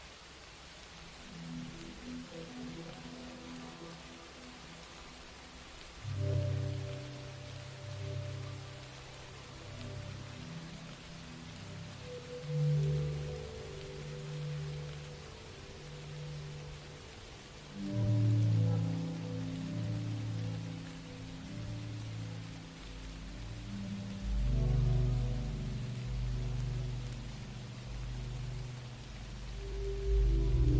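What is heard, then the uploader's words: Slow, low music with sustained tones shifting every few seconds, swelling louder near 6, 18 and 25 seconds, over a steady soft rain hiss. Relaxing minecraft music with soft rain.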